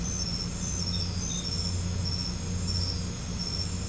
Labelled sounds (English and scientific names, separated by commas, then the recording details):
none
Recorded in pastures near Puerto Asís, Putumayo, Colombia, on 20 December 2024 at 22:00
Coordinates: 0.505, -76.324
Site G063